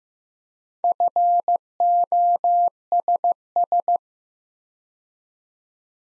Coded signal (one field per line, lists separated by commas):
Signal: Morse code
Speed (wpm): 15 wpm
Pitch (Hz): 700 Hz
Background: none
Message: FOSS